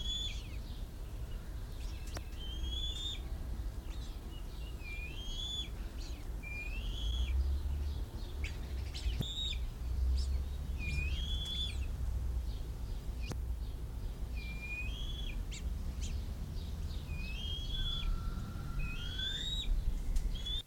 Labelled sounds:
Bald Eagle (Haliaeetus leucocephalus)
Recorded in captivity
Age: juvenile
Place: Zoo Berlin, Berlin, DE
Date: 1994-07-02 10:44
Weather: sonnig, 18-24°C
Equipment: Marantz CP 430, Sennheiser ME 80, Kopie Uher Variocord 263
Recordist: Tembrock, Günter
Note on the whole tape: Ca. 6 Wochen alte Tiere: "Bettellaute" - Entfernung 2 m, dann Fütterung durch Pflegerin

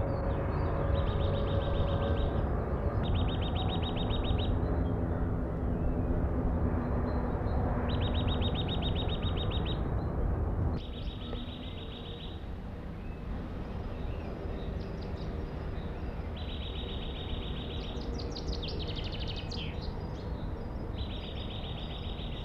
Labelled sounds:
Eurasian Nuthatch (Sitta europaea) song
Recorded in the wild
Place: Hafling, Bozen, IT
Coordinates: 46.6569, 11.1383
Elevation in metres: 400
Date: 1981-03-27
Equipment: Uher 4000 Report, Sennheiser MKH 815 T
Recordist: Tretzel, Erwin

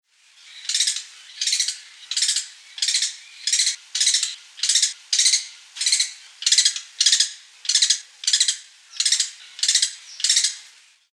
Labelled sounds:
D'Arnaud's Barbet (Trachyphonus darnaudii)
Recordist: Tembrock, Günter
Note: Trillerfolgen

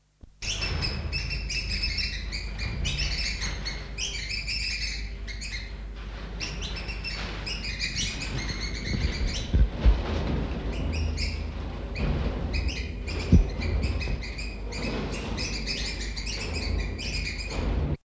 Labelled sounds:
Seven-colored Tanager (Tangara fastuosa) call
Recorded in captivity
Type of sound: call
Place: Zoo Gelsenkirchen, Nordrhein-Westfalen, DE
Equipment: Halbspur, 9,5 cm/s
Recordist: Lütgens, Hans
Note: Rufe

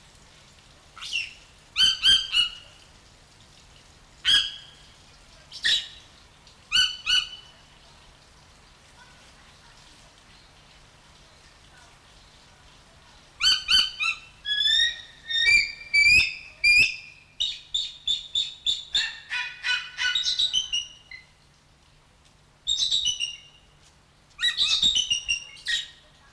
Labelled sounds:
Harpy Eagle (Harpia harpyja)
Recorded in captivity
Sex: pair
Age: adult
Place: Tiergarten Nürnberg, Bayern, DE
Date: 1993-09-14 12:24
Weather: 12°C, bedeckt
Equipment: Marantz CP 430, Sennheiser MKH 416 T, Kopie Uher Variocord 263
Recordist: Tembrock, Günter

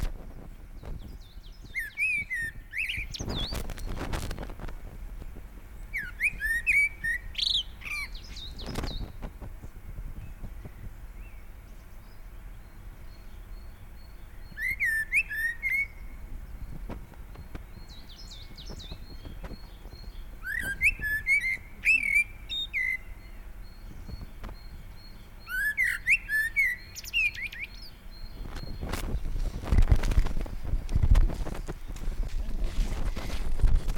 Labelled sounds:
Common Blackbird (Turdus merula)
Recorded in the wild
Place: Naturfreundehaus - Üdersee, Nationalpark Untere Oder, Brandenburg, DE
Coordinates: 52.85, 13.68
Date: 1996-03-25 17:41
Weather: bedeckt, 3°C
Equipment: Sony MD-WM MZ-R3, Sennheiser ME 80, Kopie Uher 4000 Report Monitor
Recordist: Tembrock, Günter

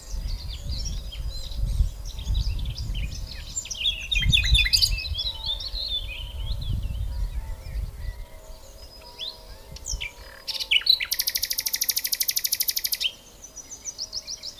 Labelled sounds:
Common Nightingale (Luscinia megarhynchos) song
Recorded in the wild
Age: adult
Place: Lübars (Fließtal), Berlin, DE
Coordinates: 52.6167, 13.35
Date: 2001-04-28 11:45
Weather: fair, ca. 15°C
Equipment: Nagra SN, Kopie Uher 4000 Report Monitor
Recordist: Tembrock, Günter

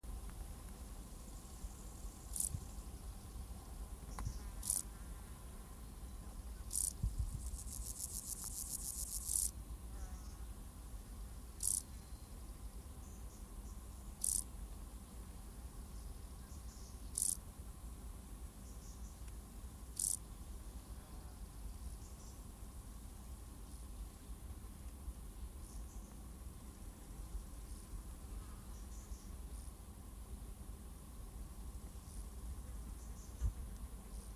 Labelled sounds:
Field Grasshopper (Chorthippus brunneus) stridulation
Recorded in the wild
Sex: male
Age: imago
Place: Strausberg, Barnim, Brandenburg, DE
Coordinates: 52.5375, 13.8989
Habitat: meadow
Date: 1989-08-13 18:12
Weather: sonnig, 26°C in Sonne
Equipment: Riporter 6 RG-K, Halbspur, Sennheiser MKH 416 T
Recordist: Frommolt, Karl-Heinz

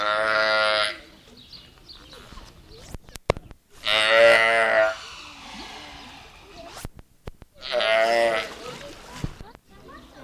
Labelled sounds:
California Sea Lion (Zalophus californianus) call
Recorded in captivity
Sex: pair
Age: adult
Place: Zoo Halle, Sachsen-Anhalt, DE
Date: 1969-07-05 10:00
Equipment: Uher 4200 Report Stereo, Sennheiser MD 421
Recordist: Tembrock, Günter

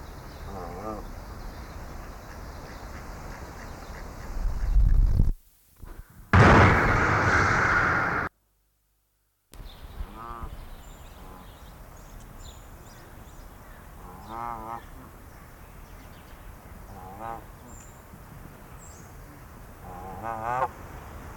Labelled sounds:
Canada Goose (Branta canadensis) call
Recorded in captivity
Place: Münchner Tierpark Hellabrunn, Bayern, DE
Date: 1995-05-27
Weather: wolkig, 15°C
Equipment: Marantz CP 430, Sennheiser ME 80, Kopie Uher 4000 Report Monitor
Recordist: Tembrock, Günter

